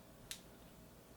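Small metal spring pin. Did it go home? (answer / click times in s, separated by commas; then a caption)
yes / 0.3 s. A watch band's quick-release pin slides down into the lug of the watch case and locks in with a single sharp, bright click at 0.3 s. The click stands out against low, quiet background noise, and the band end is seated and secure.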